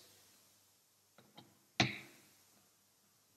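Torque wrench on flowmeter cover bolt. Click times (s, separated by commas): 1.8 s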